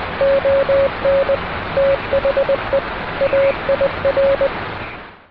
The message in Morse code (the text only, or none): ON THE AIR